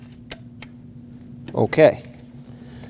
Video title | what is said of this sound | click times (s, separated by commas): How to Replace Alternator 2006-2015 Lexus IS250 | and we'll listen for a click. | 0.3 s